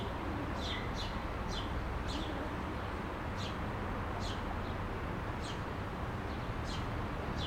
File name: city square calm distant traffic birds Marseille France